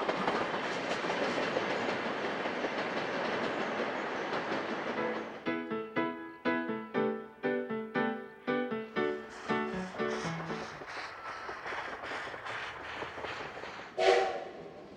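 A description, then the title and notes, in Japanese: A steam locomotive runs along a railway line, opening with several seconds of dense, steady rushing noise. Around five seconds in, a regular, ringing clatter of wheels and cars takes over, then thins and fades, with a brief sharp burst near fourteen seconds. JR左沢線を走るC11 325牽引の「SLおいしい山形秋まつり号」です。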